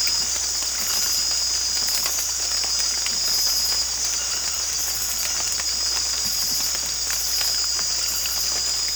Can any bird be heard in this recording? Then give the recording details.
no. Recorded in secondary vegetation near Puerto Asís, Putumayo, Colombia, on 22 December 2024 at 19:30. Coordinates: 0.488, -76.319. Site GP04